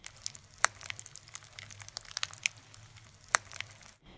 Crepitus is something very specific and will happen if air develops under the subcutaneous tissue in the child's chest wall. can palpate around and will often feel tiny air bubbles along their chest. This is. Also incredibly concerning as it can mean there is an air leak somewhere under the patient's skin.